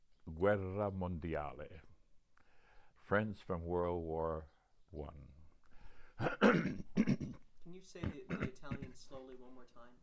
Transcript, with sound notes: leguela mondela. Friends from World War I. [clears throat]
Can you say the — the Italian slowly one more time?